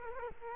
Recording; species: mosquito wingbeat signal from an infrared sensor; Culex quinquefasciatus